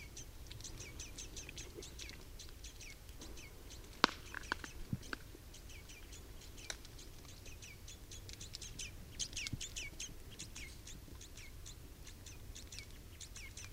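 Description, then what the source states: Red crossbill calls, faint dense stream of short high chips throughout, with a few sharp clicks near four and five seconds and steady low rumble. Recorded 27 October 2014 in the Rusel area.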